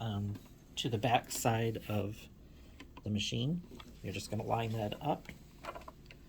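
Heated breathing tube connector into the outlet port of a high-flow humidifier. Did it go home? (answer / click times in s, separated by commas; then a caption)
no / none. Someone talks while a heated breathing tube with wire prongs is lined up with the outlet port on the back of an AIRVO 2 high-flow humidifier. A few faint ticks of handling come near the end, around 5.9 and 6.1 seconds. The clip ends before the connector is pushed home, so nothing has seated or clicked yet.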